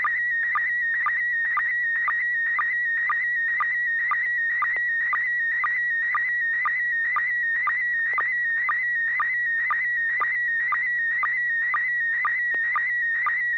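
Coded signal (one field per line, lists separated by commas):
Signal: SSTV (slow-scan television)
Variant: PD120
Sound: warbling tone around 1.9 kHz with short low sync blips about twice a second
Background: low steady hum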